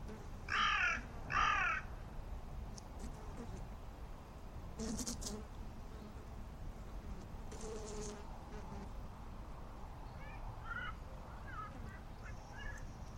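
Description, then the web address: Bird uttering two loud rasping caws near the start, followed by fainter scattered calls over steady low background noise. "cianscape. Deverinetal. Bird Only"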